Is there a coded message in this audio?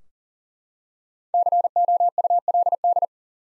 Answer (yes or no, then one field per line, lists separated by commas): yes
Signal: Morse code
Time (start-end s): 1.3-3.0 s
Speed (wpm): 40 wpm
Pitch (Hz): 700 Hz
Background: none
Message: COULD